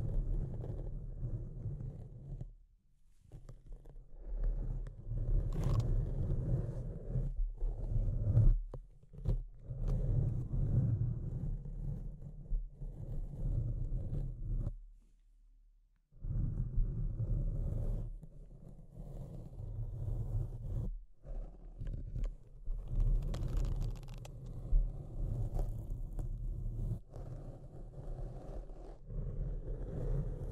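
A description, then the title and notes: Deep, low scratching rumbles along in long rough stretches, mostly dark and heavy with a little brighter rasp on top. It breaks off in brief silences near 3, 9, 15 and 21 seconds, and the stretch after 16 seconds carries more crackly high grit. Deep Scratching. (No Talking).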